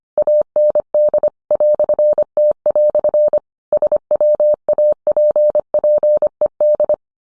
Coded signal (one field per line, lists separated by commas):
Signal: Morse code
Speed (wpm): 25 wpm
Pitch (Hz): 600 Hz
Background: none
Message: AND "T" SWAPPED